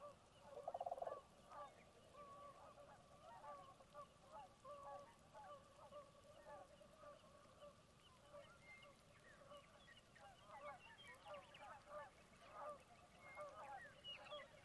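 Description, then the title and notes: Canada Goose: a flock honking, one loud burst near the start, then a steady stream of overlapping honks that grows busier toward the end. Large flock circling through at dusk in light drizzling rain, second night, Conboy Lake National Wildlife Refuge, Glenwood, Washington; a migratory stop for waterfowl. "Conboy Lake, Dusk Falls. Dusk falls on my second night at Conboy Lake National Wildlife Refuge in Glenwood, WA"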